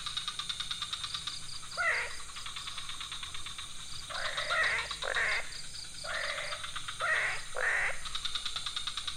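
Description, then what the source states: Frogs: chorus with loud, harsh croaks in short bursts, some doubled, over a background of fast pulsed trilling. Several frog species calling at night in a pond near a hotel in Ubud, Bali, Indonesia; recorded with Sony PCM D50, Rode NT4 and Rode boompole.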